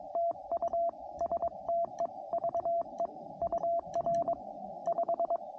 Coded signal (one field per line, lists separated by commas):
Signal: Morse code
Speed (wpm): 22 wpm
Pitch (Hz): 680 Hz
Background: radio noise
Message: TU STEVE UR 5